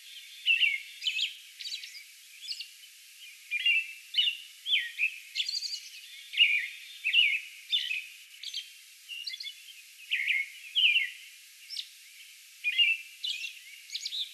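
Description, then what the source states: American robin singing continuously, rich whistled phrases delivered in quick succession and mixed with high, hissing squeaks. Song bout recorded on May 11.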